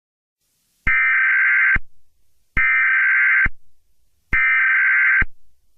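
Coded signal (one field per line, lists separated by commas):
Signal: Emergency Alert System (SAME) tones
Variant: header bursts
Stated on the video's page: Fictional scenario about a computer virus, not a real broadcast.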